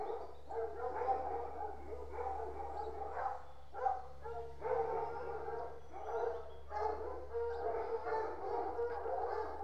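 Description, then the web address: Dog: hounds barking and yelping together in a continuous chorus of overlapping calls, with a steady low hum underneath. Dogs at a hunt kennel; general kennel atmosphere. "BBC Sound Effects Library. Horses Dogs"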